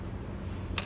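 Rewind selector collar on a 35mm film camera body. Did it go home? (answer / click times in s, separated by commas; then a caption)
yes / 0.8 s. On a metal-bodied Nikon F 35mm film SLR, the selector collar is turned from advance to rewind so the film can be wound back. A low, steady background rumble is broken by a single sharp, bright click at 0.8 s as the collar seats in the rewind position.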